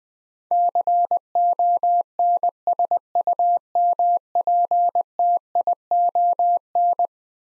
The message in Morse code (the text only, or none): CONSUMPTION